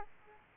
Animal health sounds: mosquito wingbeat signal from an infrared sensor; Aedes aegypti

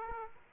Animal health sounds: mosquito wingbeat signal from an infrared sensor; Aedes aegypti

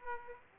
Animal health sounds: mosquito wingbeat signal from an infrared sensor; Aedes aegypti

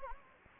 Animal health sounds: mosquito wingbeat signal from an infrared sensor; Anopheles gambiae

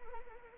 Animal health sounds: mosquito wingbeat signal from an infrared sensor; Anopheles arabiensis

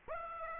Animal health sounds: mosquito wingbeat signal from an infrared sensor; Aedes aegypti

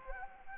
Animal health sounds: mosquito wingbeat signal from an infrared sensor; Anopheles gambiae

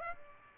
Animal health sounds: mosquito wingbeat signal from an infrared sensor; Aedes aegypti

